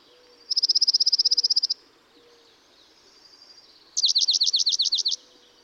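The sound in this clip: Dark-eyed junco giving a steady even trill, then after a pause a second trill made of quick swooping notes.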